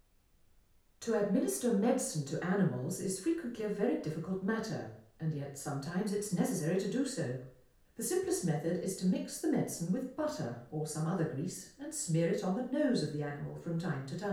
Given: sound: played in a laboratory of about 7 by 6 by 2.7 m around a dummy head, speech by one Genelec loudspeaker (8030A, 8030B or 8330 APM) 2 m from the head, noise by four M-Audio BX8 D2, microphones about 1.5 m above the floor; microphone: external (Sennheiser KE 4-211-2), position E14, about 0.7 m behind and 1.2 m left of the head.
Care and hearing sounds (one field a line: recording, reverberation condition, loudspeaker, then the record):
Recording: female speech in English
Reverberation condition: medium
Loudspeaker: 120 degrees to the right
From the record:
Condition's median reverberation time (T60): about 510 ms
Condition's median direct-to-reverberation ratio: about -0.5 dB